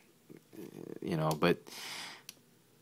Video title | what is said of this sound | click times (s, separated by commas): Transformers Cyberverse Megatron Blastwave Weapons Base | you have to snap it up otherwise the wheels are not going to roll | 2.3 s